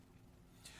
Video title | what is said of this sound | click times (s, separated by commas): World of Watches TV Show: 10/06/2015 8-11 am | and that buckles into place, and it is simple snap, and once it snaps, it's locked into place, and it's a pry apart. | 0.7 s